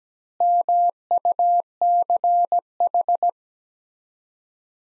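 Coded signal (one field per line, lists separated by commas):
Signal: Morse code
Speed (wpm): 17 wpm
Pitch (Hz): 700 Hz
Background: none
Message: MUCH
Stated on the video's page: Morse practice sending sets of five words at 17 wpm with 4x word spacing, a Farnsworth-like method applied to words.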